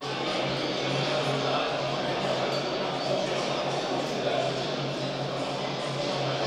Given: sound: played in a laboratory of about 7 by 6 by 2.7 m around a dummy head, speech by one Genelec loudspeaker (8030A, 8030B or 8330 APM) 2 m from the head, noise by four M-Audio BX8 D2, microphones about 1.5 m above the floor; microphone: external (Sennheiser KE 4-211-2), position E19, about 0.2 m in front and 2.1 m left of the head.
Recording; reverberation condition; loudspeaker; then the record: cafeteria noise; high; four, about 170 cm from the corners of the room and facing them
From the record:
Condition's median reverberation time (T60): about 1300 ms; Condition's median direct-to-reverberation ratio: about -4.0 dB